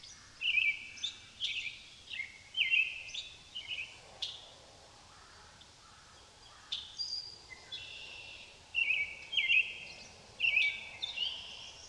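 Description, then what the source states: Common blackbird song: two series of short, bright phrases with twittering ends, separated by a pause, plus a few sharp clicks. Blackbirds, plural, at Amos Pond in the countryside.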